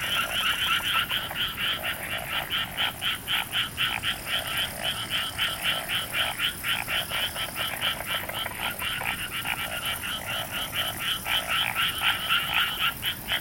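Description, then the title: Frogs croaking in a steady rapid stream of raspy croaks, about four per second, with a faint high hiss. "Summer Japan, Hokkaido. Night Paddy's frogs. 夜の水田のカエル"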